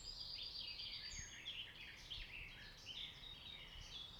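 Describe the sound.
Birds singing in a dense morning chorus, overlapping high chirps, trills and whistles from several birds at once, with a soft low rumble underneath.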